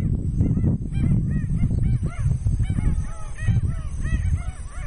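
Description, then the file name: White-backed stilt calls: rapid, repeated yapping notes with arched harmonic tones, over strong low rumble. "canto do pernilongo de costas brancas"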